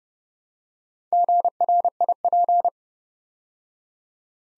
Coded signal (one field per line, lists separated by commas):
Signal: Morse code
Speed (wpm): 30 wpm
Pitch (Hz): 700 Hz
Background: none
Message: GRIP